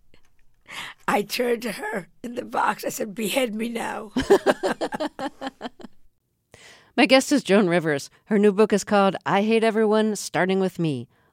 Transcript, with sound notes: and I turned to her in the box, I said: Behead me now.
(LAUGHTER)
My guest is Joan Rivers. Her new book is called "I Hate Everyone, Starting with Me."